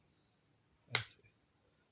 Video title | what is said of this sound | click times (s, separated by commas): How to repair [shaving machine] battery replacement [att home] it's technical support | ऐसे ये lock हो गई। | 1.0 s